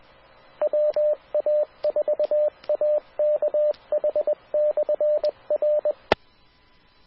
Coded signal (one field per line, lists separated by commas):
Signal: Morse code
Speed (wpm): 20 wpm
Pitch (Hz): 600 Hz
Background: radio noise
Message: WA4AKH/R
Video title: 🔴LIVE Florida's Amatere Radio Repeaters Using QueCast, Never Miss a Thing!